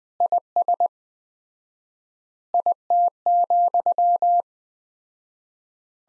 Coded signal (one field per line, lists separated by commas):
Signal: Morse code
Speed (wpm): 20 wpm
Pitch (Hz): 700 Hz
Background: none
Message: IS IT,